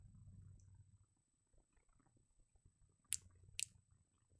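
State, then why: Seated. The hinged front of a pair of reading glasses is turned down, and the small plastic and metal detent hinge clicks into its detent position at 3.1 s, followed by a second sharp click at 3.6 s. A low rumble runs underneath, and the hinge is seated.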